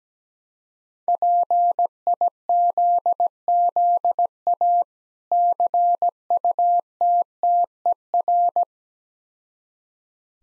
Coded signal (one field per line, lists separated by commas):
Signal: Morse code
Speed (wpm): 17 wpm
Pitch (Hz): 700 Hz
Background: none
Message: PIZZA CUTTER